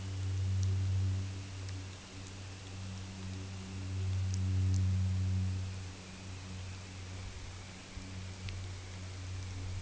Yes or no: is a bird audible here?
no